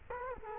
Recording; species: mosquito wingbeat signal from an infrared sensor; Culex quinquefasciatus